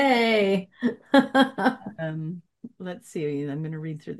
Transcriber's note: laughs